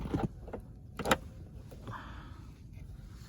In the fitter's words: here it is. Locks into place. There you go.